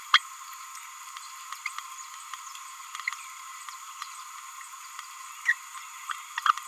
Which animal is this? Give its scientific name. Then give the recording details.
Forpus passerinus. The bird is a male. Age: 27 days. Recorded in a nest box in Venezuela. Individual 17B31A2